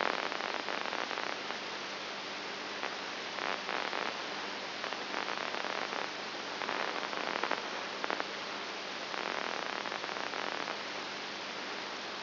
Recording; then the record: brain microelectrode recording played as sound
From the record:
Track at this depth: inside the subthalamic nucleus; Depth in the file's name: 5.3 mm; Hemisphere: right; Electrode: 2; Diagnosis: Parkinson's disease